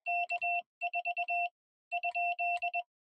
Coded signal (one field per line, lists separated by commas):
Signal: Morse code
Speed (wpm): 22 wpm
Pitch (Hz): 700 Hz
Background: none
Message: K4 ?